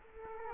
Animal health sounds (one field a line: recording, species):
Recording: mosquito wingbeat signal from an infrared sensor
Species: Culex quinquefasciatus